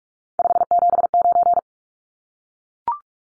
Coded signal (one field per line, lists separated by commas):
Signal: Morse code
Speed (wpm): 44 wpm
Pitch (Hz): 700 Hz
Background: none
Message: 579